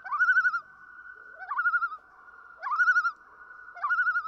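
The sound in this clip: Common loon calls four times in quick succession, each a swooping rise into a rapid, trembling quaver over a steady background tone.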